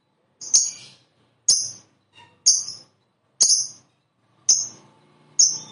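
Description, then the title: Lovebird giving sharp, high chirps, six short strident notes about one second apart, with quiet gaps between. "Suara Lovebird Ini"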